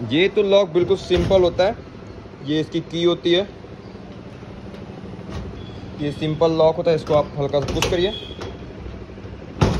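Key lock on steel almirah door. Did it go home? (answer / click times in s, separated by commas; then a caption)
released / 9.6 s. Someone talks while holding the simple key lock on a steel almirah door, then lightly pushes it. At 9.6 s a sharp click is heard, and the lock releases and opens.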